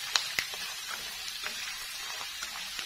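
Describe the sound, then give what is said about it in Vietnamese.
Steady hissing sizzle of macaroni frying in very hot oil over medium-high to high heat, a small batch at a time, a broad crackling wash punctuated by a few sharper pops near the start, with no voices. “Khi chiên nui thì các bạn nhớ là nó dầu nó phải cho thật là nóng nha.”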